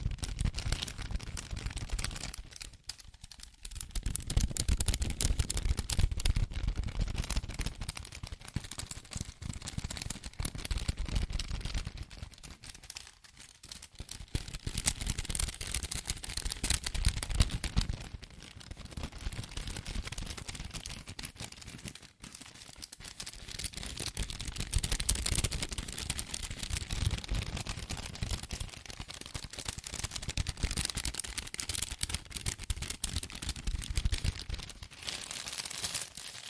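Fast tapping, scratching and tracing on cardboard and paper, a dense stream of dry clicks and rubbing that runs almost without pause. The texture shifts between rapid taps and smoother scraping, with brief quieter gaps near 3, 13 and 22 seconds.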